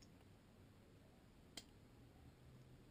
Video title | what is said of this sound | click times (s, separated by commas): Airsoft Unboxing WE G17 review | okay and i'll put the other half right on top of it clicks | 1.6 s